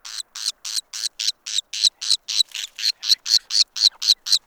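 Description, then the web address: White-bellied cinclodes uttering a steady series of loud, harsh, clipped notes, roughly four each second, evenly spaced throughout. "White bellied cinclodes. صدای-پرنده-آب-جوی-شکم-سفید"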